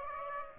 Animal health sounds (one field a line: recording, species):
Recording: mosquito wingbeat signal from an infrared sensor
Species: Aedes aegypti